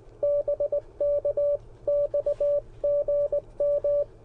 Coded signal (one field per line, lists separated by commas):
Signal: Morse code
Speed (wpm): 20 wpm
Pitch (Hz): 580 Hz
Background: radio noise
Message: BK XGM